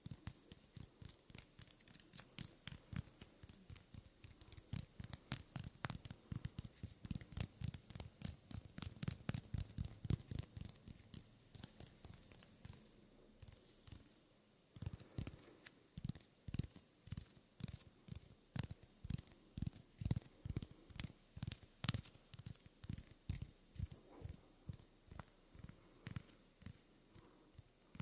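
Soft hand sounds and skin movements, made up of quick, dense taps, rubs and crinkly scratches that run almost continuously. Many of the touches carry a soft low thump, with a brief lull near the middle before the busy tapping resumes.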